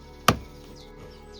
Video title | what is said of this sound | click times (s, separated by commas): Installing Mondeo Mk3 3D Printed Jacking Covers! | As you can see, these fit really nicely and they click into place really well. | 0.3 s